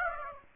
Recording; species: mosquito wingbeat signal from an infrared sensor; Aedes aegypti